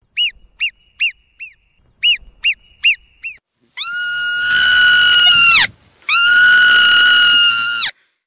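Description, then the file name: Marmot calls: a run of short, sharp arched whistles, followed by two long, loud, piercing whistles of about two seconds each. "swistak"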